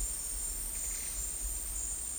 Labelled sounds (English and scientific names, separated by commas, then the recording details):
none
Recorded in dense forest near Puerto Asís, Putumayo, Colombia, on 19 February 2024 at 12:00
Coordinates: 0.485, -76.318
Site G6408